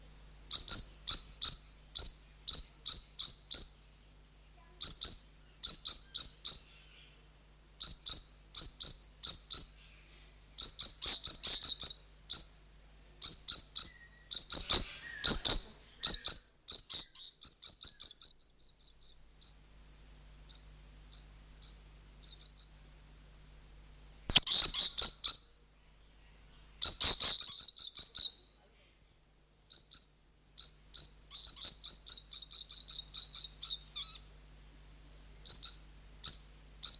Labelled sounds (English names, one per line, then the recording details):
Coconut Lorikeet
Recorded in captivity
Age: adult
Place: Zoo Berlin, Berlin, DE
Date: 1992-06-20 11:52
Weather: wolkig-heiter, 20-24°C
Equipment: Marantz CP 430, Sennheiser ME 80, Kopie Tesla B 116
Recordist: Tembrock, Günter